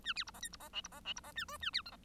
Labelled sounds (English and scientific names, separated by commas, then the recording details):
Bengalese Finch (Lonchura striata domestica) song
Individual Bird1